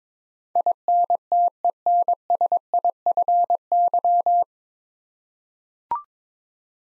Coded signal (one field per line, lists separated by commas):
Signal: Morse code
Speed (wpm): 22 wpm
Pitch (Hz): 700 Hz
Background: none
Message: INTENSIFY